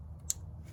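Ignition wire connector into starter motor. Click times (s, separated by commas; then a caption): 0.3 s. A plastic ignition wire connector is pushed onto the starter motor terminal of a 2003–2008 Pontiac Vibe / Toyota Matrix / Corolla. It locks with a single sharp, bright click at 0.3 s over a low steady hum, and the connector is seated.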